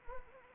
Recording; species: mosquito wingbeat signal from an infrared sensor; Anopheles arabiensis